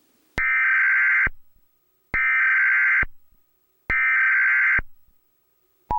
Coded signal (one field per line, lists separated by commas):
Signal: Emergency Alert System (SAME) tones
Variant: header bursts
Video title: EAS Scenario: The Angels Fell Victim